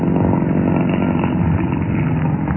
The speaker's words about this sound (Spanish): El carro Sport de Calimán entraba por las solitarias callejuelas del pueblo. La noche envolvía entre sus sombras las viejas casas de Rinley y Calimán detuvo el auto.